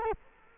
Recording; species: mosquito wingbeat signal from an infrared sensor; Culex quinquefasciatus